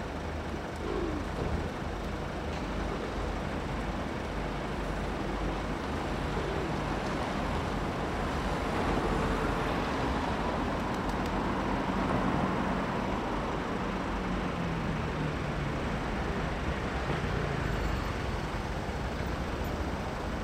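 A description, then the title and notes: A London street corner with a steady wash of traffic: a continuous low rumble of engines and tyres that holds level for the whole stretch, with vehicles passing. Faint voices and scattered city noises sit underneath the dense, unbroken road sound. Mortimer Street London. Waiting on the corner of Mortimer Street and Berners Street to kill some time, or rather, make a field recording. The location of the recording is in the street.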